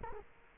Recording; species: mosquito wingbeat signal from an infrared sensor; Culex quinquefasciatus